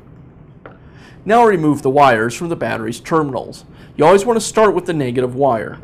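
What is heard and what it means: The plastic battery cover on the battery compartment of a Troy-Bilt TB280ES walk-behind lawn mower (battery part # 725-04903) is held on by snaps and is pulled off. One short snap is heard at 0.66 s as the cover releases, and then someone talks.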